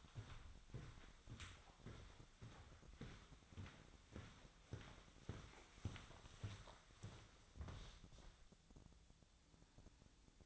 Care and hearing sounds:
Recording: daily activity, microphone in the room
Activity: walk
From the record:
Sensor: 3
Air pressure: 1009.3 hPa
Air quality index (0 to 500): 192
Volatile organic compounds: 4 ppm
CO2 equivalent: 1554 ppm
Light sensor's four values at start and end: 55/140/62/65 and 58/150/66/68

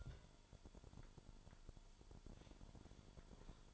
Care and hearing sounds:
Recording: daily activity, microphone in the room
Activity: take from stove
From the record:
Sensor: 5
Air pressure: 1008.0 hPa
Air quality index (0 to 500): 112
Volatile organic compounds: 1 ppm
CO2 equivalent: 864 ppm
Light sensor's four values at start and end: 27/59/25/25 and 28/60/25/25

